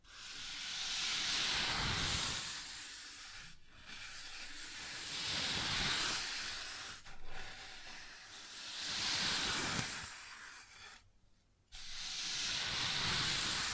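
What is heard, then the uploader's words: Sounds on a wooden surface: a steady, rough hissing scrape that swells and eases in long strokes roughly every three to four seconds. Brief breaks come near 3.5 and 7 seconds, and a short full silence falls around 11 seconds. ASMR Sounds on Wooden Surface (No Talking).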